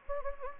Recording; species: mosquito wingbeat signal from an infrared sensor; Anopheles gambiae